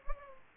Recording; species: mosquito wingbeat signal from an infrared sensor; Culex pipiens